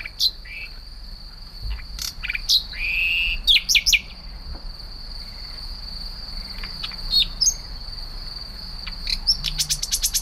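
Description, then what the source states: Common nightingale song: varied phrases of sharp notes and whistles in short bursts with pauses, ending in rapid clicks, over a steady high insect-like hum. Sings through the night, repeating and modifying phrases as if composing; sings around the clock in spring and early summer, standing out most at night.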